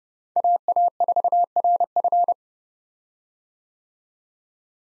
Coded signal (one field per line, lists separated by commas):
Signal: Morse code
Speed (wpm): 30 wpm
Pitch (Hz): 700 Hz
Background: none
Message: AA4RF